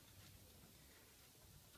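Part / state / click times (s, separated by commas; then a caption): wiring loom rubber grommet into motorcycle frame hole / not seated / none. An old rubber grommet on the wiring loom of an FZR 600 motorcycle is worked by the fingertips through a hole in the frame, making a soft, steady rubbing and handling noise with no sharp transients. The grommet, about twenty-six or twenty-seven years old, may resist. It has not popped into place yet in this stretch.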